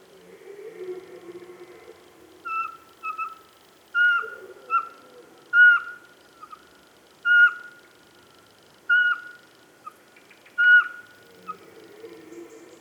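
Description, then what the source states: Eurasian pygmy owl giving clear, mellow whistles on one pitch, repeated about every second or two. Calling from the top of a spruce near 8 pm, 27 September 2017, 12 °C, at the foot of Pic de Bure, Dévoluy massif.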